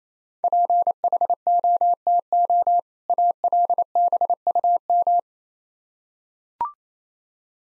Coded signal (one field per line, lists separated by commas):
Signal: Morse code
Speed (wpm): 27 wpm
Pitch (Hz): 700 Hz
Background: none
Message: PHOTO ALBUM